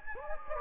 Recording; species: mosquito wingbeat signal from an infrared sensor; Anopheles gambiae